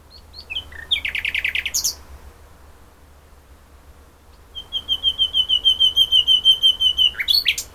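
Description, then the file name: Common nightingale song: a short harsh buzzy rattle, a pause, then a long rhythmic series of whistled notes that ends in a sharp twist. "Luscinia megarhynchos"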